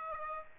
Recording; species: mosquito wingbeat signal from an infrared sensor; Aedes aegypti